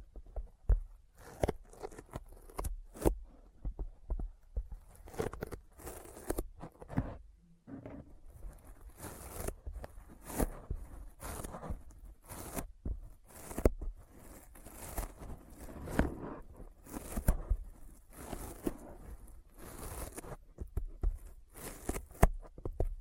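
Sticky fingers peel and smack apart in quick, crackling bursts, packed densely across the whole stretch with only brief gaps near the seven-second mark. The sound is bright and tacky, like tearing tape or crunching, with sharp louder snaps scattered throughout.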